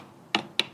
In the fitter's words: Those will snap into place just like that.